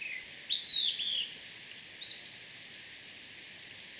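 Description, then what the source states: Caribbean elaenia giving a bright slurred call, followed by softer notes and one faint short note near the end. Recorded at Gros Islet, St Lucia, on 10 June 2018.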